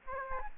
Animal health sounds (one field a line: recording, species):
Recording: mosquito wingbeat signal from an infrared sensor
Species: Aedes albopictus